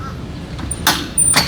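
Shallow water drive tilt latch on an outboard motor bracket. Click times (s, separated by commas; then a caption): 0.9 s. A small outboard motor is tilted up slightly so the shallow water drive tilt latch on its bracket engages. The latch clicks in sharply at 0.9 s and seats, holding the motor at that angle, and another loud knock follows at about 1.2 s.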